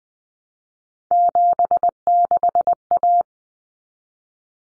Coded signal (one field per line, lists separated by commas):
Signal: Morse code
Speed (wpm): 20 wpm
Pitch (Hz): 700 Hz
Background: none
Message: 76A